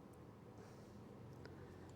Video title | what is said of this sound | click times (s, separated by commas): Kawasaki Z1000 Woolich Racing ECU Reflash & Wideband O2 Install | I did hear a very faint click and it does say on the instructions | 1.5 s